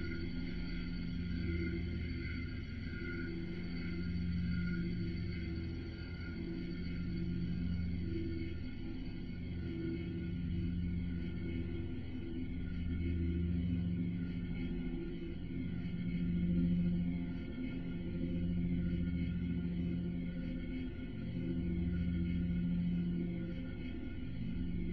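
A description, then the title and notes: An ambient spaceship soundscape: a steady, low drone with a deep hum that swells and fades in slow waves about every four seconds. Faint high tones hold level above it, and the overall loudness stays nearly constant throughout. The Ambient Spaceship Soundscape.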